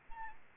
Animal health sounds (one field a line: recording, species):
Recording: mosquito wingbeat signal from an infrared sensor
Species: Aedes albopictus